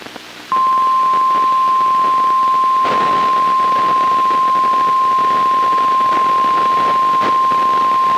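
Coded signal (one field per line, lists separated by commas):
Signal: Emergency Alert System (SAME) tones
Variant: 1050 Hz attention tone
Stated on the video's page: Required Weekly Test from NOAA weather radio station.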